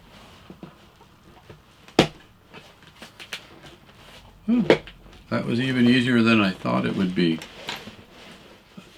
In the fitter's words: It snapped right in there.